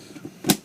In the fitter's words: right little missiles and you're just going to slide it in all the way back till it clicks